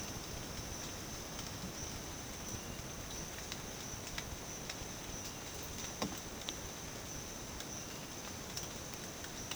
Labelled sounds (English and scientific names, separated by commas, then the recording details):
none
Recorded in dense forest near Puerto Asís, Putumayo, Colombia, on 12 March 2025 at 07:00
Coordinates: 0.486, -76.317
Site G053